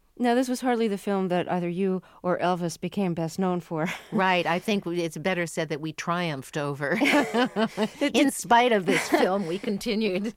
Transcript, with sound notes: Now, this was hardly the film that either you or Elvis became best known for (laughter)
Right. I think it's better said that we triumphed over. (LAUGHTER) In spite of this film, we continued.